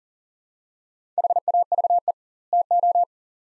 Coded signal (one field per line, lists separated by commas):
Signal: Morse code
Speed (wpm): 40 wpm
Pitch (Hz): 700 Hz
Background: none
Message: HAVE TO